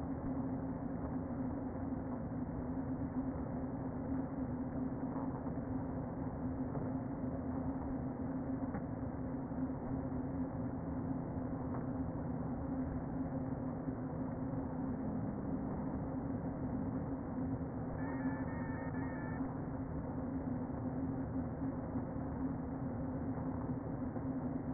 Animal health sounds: honeybee colony, microphone inside the hive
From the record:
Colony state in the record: queen present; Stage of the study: before two queens were removed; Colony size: about 60,000 bees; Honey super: yes

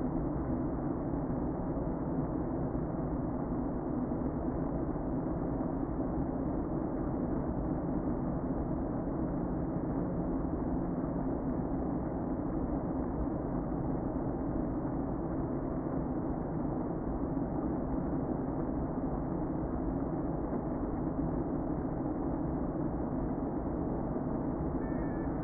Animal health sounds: honeybee colony, microphone inside the hive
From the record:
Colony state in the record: queen present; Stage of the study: before two queens were removed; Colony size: about 60,000 bees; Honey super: yes

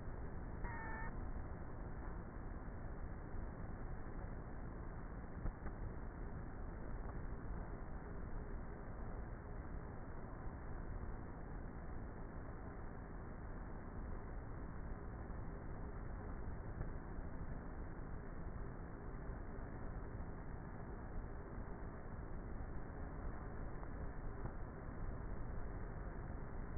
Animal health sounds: honeybee colony, microphone inside the hive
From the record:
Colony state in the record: queenless with a low population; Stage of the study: before two queens were removed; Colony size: about 30,000 bees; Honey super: no

